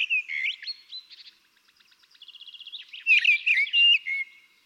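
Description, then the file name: Common blackbird singing a mellow fluted warble, then a run of soft rapid chirps, and another rich whistled phrase with high squeaky notes. "Turdus merula"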